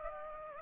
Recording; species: mosquito wingbeat signal from an infrared sensor; Aedes aegypti